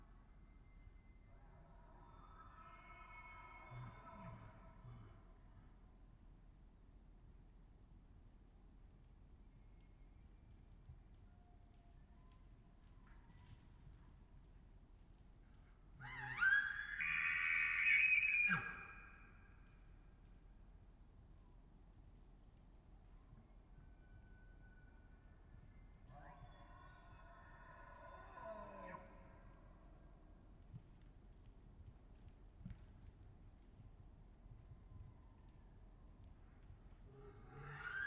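Elk call out over a quiet, low rumbling background, with long rising and falling bugles around 3, 16 and 27 seconds. The middle bugle is the loudest and closest, a shrill whistling cry; the others sound farther off and softer.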